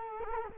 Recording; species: mosquito wingbeat signal from an infrared sensor; Culex quinquefasciatus